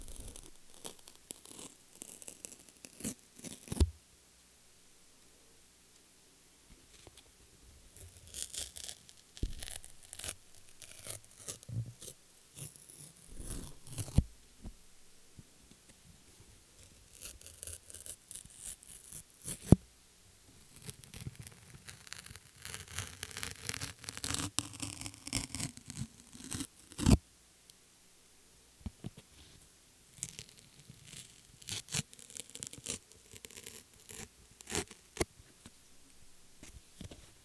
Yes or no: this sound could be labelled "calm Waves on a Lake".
no